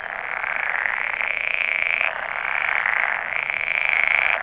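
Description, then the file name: Pool frog mating calls, a steady buzzing croaked chorus with a brief dip near two seconds before rising again. "poelkikker paringsroep"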